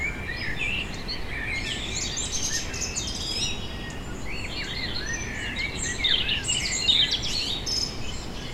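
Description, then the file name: Birds chirping softly, scattered rising and falling notes blending together, a little louder near the end, with steady low traffic noise throughout. Vineyard ambience in Germany on a summer evening, birds with distant traffic. "tom chapman nature vineyard ambience summer evening birds distant traffic germany"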